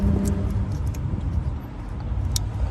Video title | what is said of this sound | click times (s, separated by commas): Jeep Grand Cherokee. Fuel injector problem.Rough idle engine misfires, poor acceleration | You hear that snap? | 2.4 s